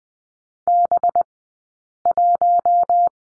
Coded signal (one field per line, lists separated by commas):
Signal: Morse code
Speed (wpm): 20 wpm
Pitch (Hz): 700 Hz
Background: none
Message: B1